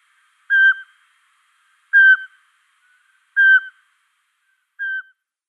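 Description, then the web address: Eurasian pygmy owl whistling four even, piping notes, spaced about one and a half seconds apart, the last slightly softer. Male display. "Schulze Peter Pygmy Owl"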